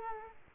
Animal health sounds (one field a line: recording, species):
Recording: mosquito wingbeat signal from an infrared sensor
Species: Aedes aegypti